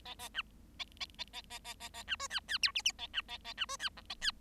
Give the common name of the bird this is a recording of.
Bengalese Finch